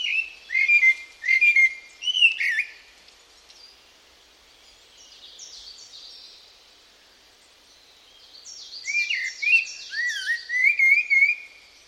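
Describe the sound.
Bird calls: warbled whistles at first, a quieter stretch, then a series of high descending notes over lower wavering whistles.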